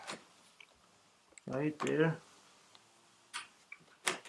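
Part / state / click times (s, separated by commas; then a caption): roof trim moulding clip into car roof channel / seated / 4.1 s. A roof trim moulding on a Lexus GS350, GS430 or GS450h is lined up on its clips and pressed down into the car roof channel while someone talks, with a few faint ticks along the way. At 4.1 s a sharp, loud pop is heard as a clip seats into place, and the moulding clip is in.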